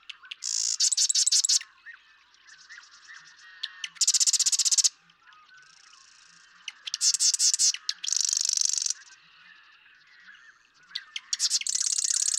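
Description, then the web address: Marsh Wren songs: repeated buzzy, machine-like rattles with stuttering lead-in notes and softer chatter between phrases. "birdsongforthecurious Marsh Wren"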